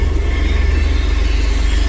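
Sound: car engine starting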